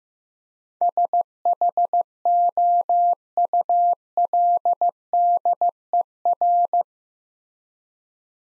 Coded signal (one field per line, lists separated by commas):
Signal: Morse code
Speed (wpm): 15 wpm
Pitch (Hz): 700 Hz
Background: none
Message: SHOULDER